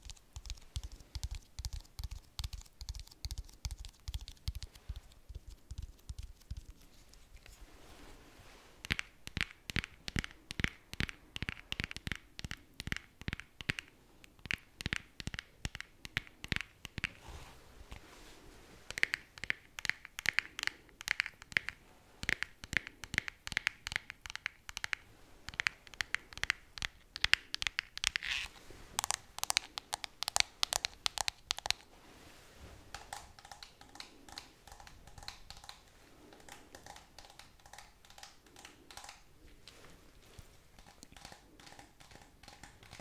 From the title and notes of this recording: ASMR Slow Tapping. In dieser Folge tappe ich auf mehr als 10 unterschiedlichen Gegenständen.